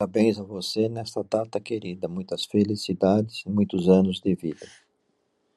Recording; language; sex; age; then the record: short text; Brazilian Portuguese; male; 60 to 69 years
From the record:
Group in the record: control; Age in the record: 67 years